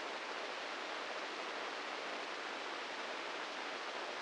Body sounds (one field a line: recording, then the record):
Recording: brain microelectrode recording played as sound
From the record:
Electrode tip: inside the subthalamic nucleus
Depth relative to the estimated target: -2 mm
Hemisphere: right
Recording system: NeuroSet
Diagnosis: Parkinson's disease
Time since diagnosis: 15 years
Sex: male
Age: 65 years